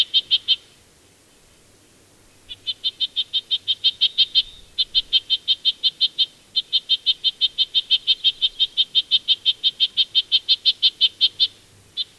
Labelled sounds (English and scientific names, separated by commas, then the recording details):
Red-breasted Nuthatch (Sitta canadensis) call
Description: Red-breasted Nuthatch call recorded on the Gem Lake Trail in Rocky Mountain National Park
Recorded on 22 June 2015